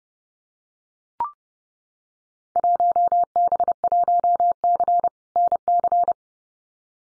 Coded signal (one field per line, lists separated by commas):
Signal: Morse code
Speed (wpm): 30 wpm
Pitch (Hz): 700 Hz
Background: none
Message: 1B1C NC